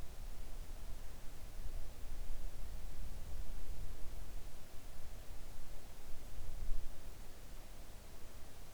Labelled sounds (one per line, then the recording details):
near silence
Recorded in the Arctic National Wildlife Refuge, Alaska, on 3 August 2019 at 05:22
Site 41